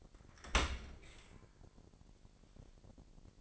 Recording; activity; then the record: daily activity, microphone in the room; open dishwasher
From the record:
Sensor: 5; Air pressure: 1000.8 hPa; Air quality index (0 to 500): 247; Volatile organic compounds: 34 ppm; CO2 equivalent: 3042 ppm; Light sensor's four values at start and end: 31/70/28/26 and 31/71/28/27